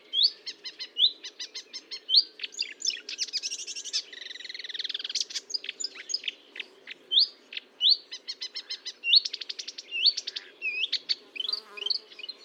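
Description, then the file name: Marsh warbler song, a fast, varied run of chattering trills, buzzy notes and whistled phrases, continuous and energetic with quick changes of pattern. Recorded at Fontaine-Française (Fourneau), France, on 1 June 2022 at 10:55, with a Nagra recorder and Telinga microphone. "Rousserolle verderolle 1055 Fontaine-Francaise-Fourneau"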